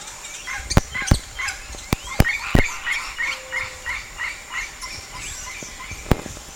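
Bird calls, short chirps repeated several times a second in a loose series, broken by sharp loud clicks.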